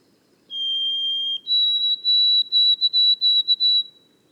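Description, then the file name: White-throated sparrow song: a steady clear whistle, then a slightly higher whistle broken into a quick series of repeated notes; otherwise quiet. Boreal forest of Haute-Côte-Nord, 29 May 2018. "loiseau-son-bruant-a-gorge-blanche-foret-boreale-de-la-haute-cote-nord-29-mai-2018"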